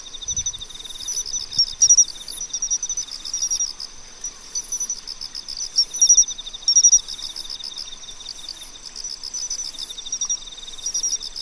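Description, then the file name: Pine cricket giving brief bell-like chirps within a thick chorus of rapid insect pulses and regularly repeating shrill buzzes. "Matsumushi"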